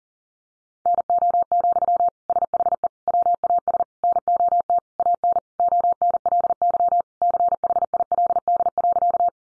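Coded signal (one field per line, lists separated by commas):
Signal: Morse code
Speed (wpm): 40 wpm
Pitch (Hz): 700 Hz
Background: none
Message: NO, SHE WAS NOT AN ONLY CHILD.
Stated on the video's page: Morse sent at 40 wpm, sentences built from the top 800 words for head-copy practice.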